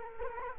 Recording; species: mosquito wingbeat signal from an infrared sensor; Culex quinquefasciatus